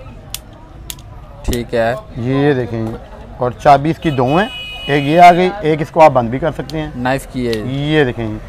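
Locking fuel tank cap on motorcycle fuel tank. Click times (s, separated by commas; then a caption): 0.3 s, 0.9 s. A metal locking fuel-tank cap for a 70/125 motorcycle is worked with its key on the motorcycle's fuel tank, giving two sharp clicks at 0.3 s and 0.9 s as it clicks shut. Someone then talks through the rest of the clip.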